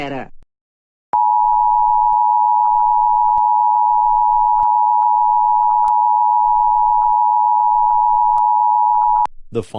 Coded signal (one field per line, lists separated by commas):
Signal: Emergency Alert System (SAME) tones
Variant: 853 and 960 Hz attention tone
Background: speech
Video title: EAS Scenario: Nuclear Attack Part 1